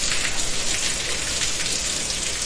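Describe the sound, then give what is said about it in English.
Bacon sizzles and spits in a pan on a Sunday morning, spattering onto pajamas: a dense, steady crackle of tiny hissing pops with no pauses, loud and continuous throughout, easily mistaken for rain pattering. “Wait, no, that's bacon, and it's spitting all over your PJs.”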